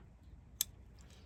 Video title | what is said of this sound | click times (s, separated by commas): Transforming this F150 part 1: SMOKED Tail Lights | So you hear the click, you know you're good. | 0.6 s